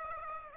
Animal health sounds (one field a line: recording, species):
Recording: mosquito wingbeat signal from an infrared sensor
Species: Aedes aegypti